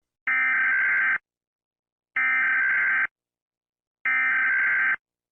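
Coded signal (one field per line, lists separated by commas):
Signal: Emergency Alert System (SAME) tones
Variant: header bursts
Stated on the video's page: Fake tornado outbreak warning, simulated EAS alert.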